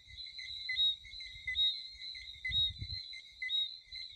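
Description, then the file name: Frogs calling in a dense chorus, a steady high ringing trill with a pulse about once a second, over low rumbling noise that swells briefly in the second half. "Chant de grenouilles - Sound of frog"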